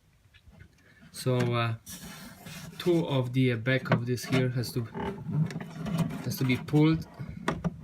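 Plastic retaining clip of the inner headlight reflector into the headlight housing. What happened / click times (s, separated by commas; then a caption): The plastic part is being handled and pulled but has not yet snapped home / none. Someone talks while the loose inner reflector of a car headlight is pulled back with two hands, bringing its plastic retaining clip toward its mount in the headlight housing. Brief handling knocks come near the end, around 7.5, 7.7 and 7.8 seconds. Nothing has seated or clicked yet.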